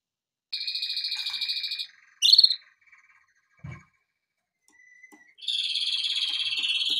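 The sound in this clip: Canary song broken into parts: a buzzy rolling trill, a sharp rising chirp, a soft low thump, a quiet pause, then another long rolling trill.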